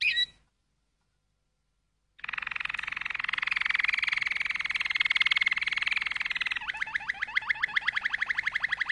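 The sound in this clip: Canary song: a brief note, a pause, then a long rapid buzzy trill that shifts into a series of quick repeated notes.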